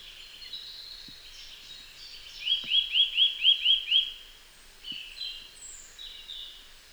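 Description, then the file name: Eurasian nuthatch calling a run of several loud, evenly spaced rising whistles over about one and a half seconds, with fainter bird twittering before and after. "Sitta europaea"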